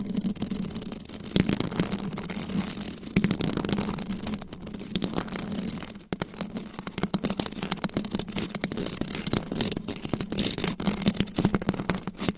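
Mic scratching: dense, irregular scraping and crackling runs throughout over a steady low hum, with sharp rubbing bursts clustering near seconds one, three and six.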